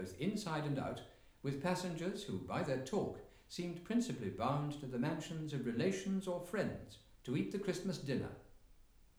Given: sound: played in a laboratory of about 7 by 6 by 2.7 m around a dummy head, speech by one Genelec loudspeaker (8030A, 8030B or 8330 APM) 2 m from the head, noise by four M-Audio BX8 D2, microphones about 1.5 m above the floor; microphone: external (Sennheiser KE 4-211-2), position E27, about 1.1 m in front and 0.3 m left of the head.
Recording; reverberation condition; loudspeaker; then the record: male speech in English; medium; 30 degrees to the right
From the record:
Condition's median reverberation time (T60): about 510 ms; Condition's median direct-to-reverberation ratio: about -0.5 dB